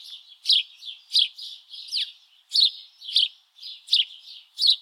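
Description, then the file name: House sparrow chirping, a series of harsh, bright chirps with softer chatter between them. "Passer domesticus"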